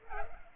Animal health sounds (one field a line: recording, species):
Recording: mosquito wingbeat signal from an infrared sensor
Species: Culex pipiens